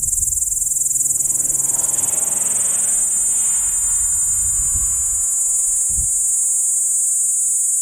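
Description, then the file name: P. capensis: insect call: an unbroken high, sizzling buzz continues throughout, with faint broad background hiss and a brief low thump near the end. Recorded near Arniston. "P capensis nr Arniston"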